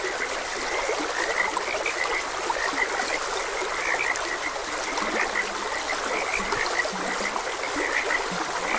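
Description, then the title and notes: Frog chorus of quick overlapping croaks, a few lower drawn-out notes now and then, with continuous running water in the background. Frogs croaking beside a gentle stream. "Gentle Stream and Frogs Croaking. Sleep and Relaxation Podcast"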